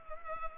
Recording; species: mosquito wingbeat signal from an infrared sensor; Culex pipiens